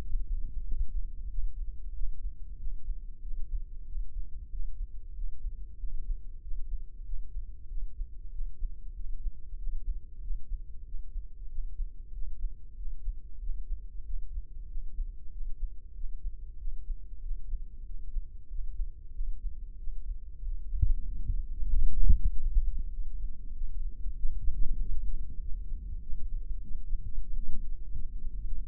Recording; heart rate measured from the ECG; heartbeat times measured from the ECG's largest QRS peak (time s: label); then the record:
heart sounds by microphone in the left ear; 95 bpm
0.03 s: heartbeat
0.67 s: heartbeat
1.32 s: heartbeat
1.96 s: heartbeat
2.61 s: heartbeat
3.24 s: heartbeat
3.88 s: heartbeat
4.53 s: heartbeat
5.17 s: heartbeat
5.81 s: heartbeat
6.44 s: heartbeat
7.07 s: heartbeat
7.71 s: heartbeat
8.34 s: heartbeat
8.97 s: heartbeat
9.60 s: heartbeat
10.23 s: heartbeat
10.88 s: heartbeat
11.52 s: heartbeat
12.15 s: heartbeat
12.79 s: heartbeat
13.43 s: heartbeat
14.07 s: heartbeat
14.71 s: heartbeat
15.34 s: heartbeat
15.97 s: heartbeat
16.61 s: heartbeat
17.24 s: heartbeat
17.88 s: heartbeat
18.52 s: heartbeat
19.16 s: heartbeat
19.80 s: heartbeat
20.45 s: heartbeat
21.09 s: heartbeat
21.71 s: heartbeat
22.33 s: heartbeat
22.94 s: heartbeat
23.56 s: heartbeat
24.19 s: heartbeat
24.81 s: heartbeat
25.43 s: heartbeat
26.04 s: heartbeat
26.64 s: heartbeat
27.24 s: heartbeat
27.85 s: heartbeat
28.46 s: heartbeat
From the record:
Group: healthy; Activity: rest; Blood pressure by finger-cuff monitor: 130/72 mmHg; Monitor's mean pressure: 90 mmHg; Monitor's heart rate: 94 bpm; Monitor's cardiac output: 8 L/min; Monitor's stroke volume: 84 mL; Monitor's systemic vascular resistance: 820 dyn s/cm5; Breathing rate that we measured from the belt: 19 breaths a minute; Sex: male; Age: 21 years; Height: 175 cm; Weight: 72.6 kg